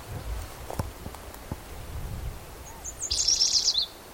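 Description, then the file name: Spotted towhee song, a few faint soft notes followed by a short, dry buzzy trill lasting under a second, over low rumbling background noise. Individual number 8 at Black's Creek, Cicero, 16 June 2010, around 4:30 in the afternoon. "Cicero 16 Jun 2010 Pmaculatus"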